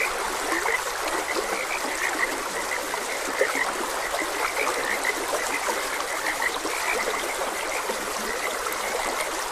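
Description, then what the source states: Frogs croaking in a dense chorus, short bright notes repeating steadily over a constant hiss of running water. Frogs croaking beside a gentle stream.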